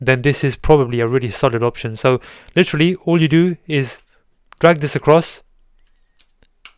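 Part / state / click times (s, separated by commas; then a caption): sliding plastic camera lens cover on a phone case / seated / 6.7 s. Someone talks, then slides the plastic camera lens cover on a Spigen case for a Samsung Galaxy S25 Ultra across the phone's lenses, making faint scraping ticks. At 6.7 s a sharp, loud click marks the cover latching shut over the lenses.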